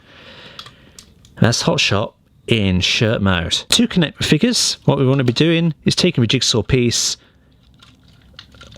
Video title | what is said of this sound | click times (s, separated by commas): Transformers Energon Hot Shot Review | snap into place | 0.6 s